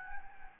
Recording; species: mosquito wingbeat signal from an infrared sensor; Anopheles gambiae